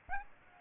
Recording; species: mosquito wingbeat signal from an infrared sensor; Aedes aegypti